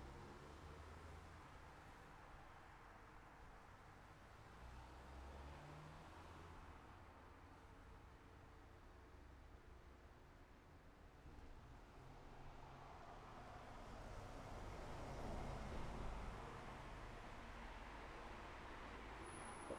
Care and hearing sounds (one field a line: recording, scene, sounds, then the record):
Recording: everyday scene through a hearing-aid microphone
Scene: in traffic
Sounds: traffic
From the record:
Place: city secondary road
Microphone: behind the ear, left, front